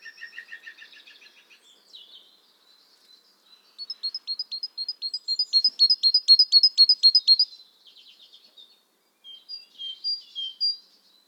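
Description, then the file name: Great tit calling: a soft, lower run of repeated notes, then a loud, rapid series of high, sharp notes, followed by quieter chattering phrases. "Parus major"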